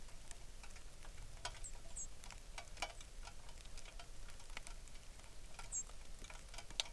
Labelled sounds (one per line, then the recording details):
songbird
rain
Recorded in the Arctic National Wildlife Refuge, Alaska, on 3 August 2019
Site 33